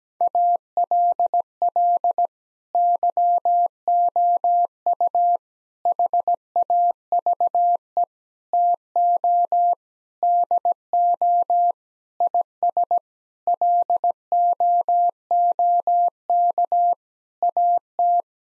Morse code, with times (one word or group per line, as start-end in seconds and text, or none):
0.2-2.3 ALL
2.8-5.4 YOU
5.9-8.0 HAVE
8.5-9.7 TO
10.2-11.7 DO
12.2-13.0 IS
13.5-16.9 LOOK
17.4-18.2 AT